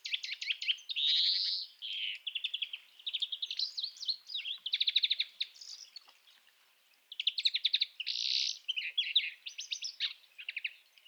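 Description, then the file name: European greenfinch song of repeated rattling trills and twittering notes with a few harsh wheezes, pausing briefly before resuming. "Chloris chloris"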